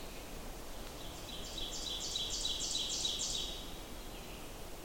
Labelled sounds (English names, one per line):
Ovenbird song